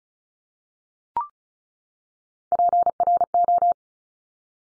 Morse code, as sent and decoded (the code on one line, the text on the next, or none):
.--. .-. ---
PRO